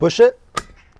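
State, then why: Seated. A gas hose quick-connect coupling is pushed onto a portable pizza oven's gas inlet while someone talks. A sharp click sounds at 0.6 s as the coupling latches and seats. The lever is then turned up to let the gas in.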